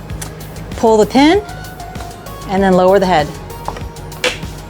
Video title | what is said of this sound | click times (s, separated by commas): Craftsman 10in FOLDING Compound Miter Saw Unboxing | until it clicks and there you go and that's how you collapse it | 4.2 s